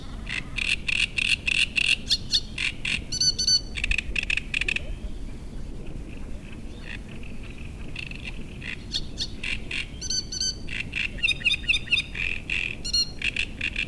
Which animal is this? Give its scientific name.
Acrocephalus arundinaceus